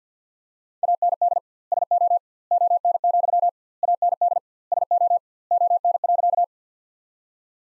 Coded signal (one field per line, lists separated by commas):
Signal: Morse code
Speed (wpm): 48 wpm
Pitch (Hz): 700 Hz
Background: none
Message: AND SO ON, AND SO ON.